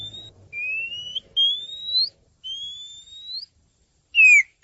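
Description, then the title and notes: Oriental magpie-robin singing long, pure whistles that rise slowly in pitch, ending with a sharp downward-sliding note, over a soft low hum at the start. Champion singing bird. "Kicau Burung Kacer Juara. Suara Kicauan Burung Kacer Juara"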